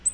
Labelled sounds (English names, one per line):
Black-throated Green Warbler flight call